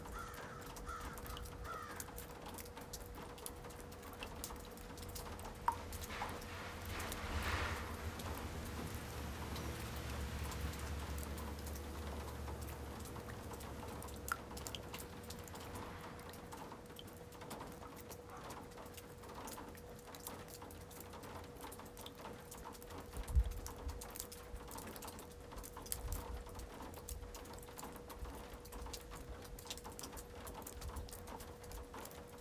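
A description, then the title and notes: Water drips and splashes steadily, with scattered crow caws and a single sustained chime tone holding one pitch throughout. Around 6 to 12 seconds a car rolls past on wet pavement, its low tire hiss swelling and fading, and a sharp knock lands near 23 seconds. March 8 porch. Water drops chimes in b flat crows car tires splashing water on black pavement.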